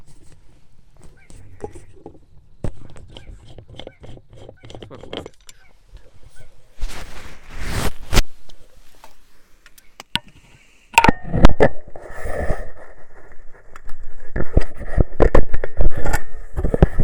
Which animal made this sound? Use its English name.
Little Crake